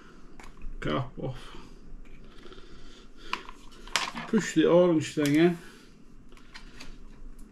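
After the cap is taken off a beer keg, an orange plastic tap piece is handled and pushed toward the keg's fitting for a home draught machine. Someone talks over light handling noises and a few sharp knocks. Nothing has seated or clicked yet.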